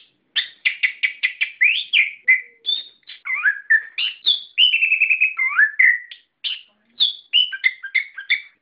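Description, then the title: Bird song, a fast varied run of whistled and chirped notes, some rising and falling, with brief pauses between phrases. "SuaraBurung Kicau4"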